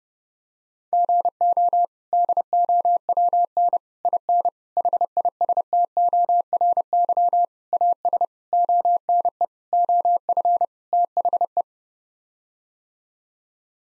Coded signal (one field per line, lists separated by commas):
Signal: Morse code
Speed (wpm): 30 wpm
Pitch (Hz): 700 Hz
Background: none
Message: GO DOWN IN HISTORY AS ONE OF THE